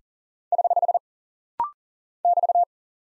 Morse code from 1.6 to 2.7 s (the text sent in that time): <BT>